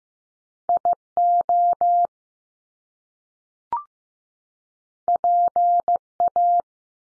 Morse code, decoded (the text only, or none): I OP A